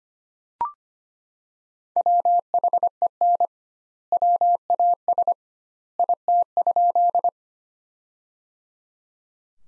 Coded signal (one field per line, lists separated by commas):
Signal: Morse code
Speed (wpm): 25 wpm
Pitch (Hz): 700 Hz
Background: none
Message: WHEN WAS IT?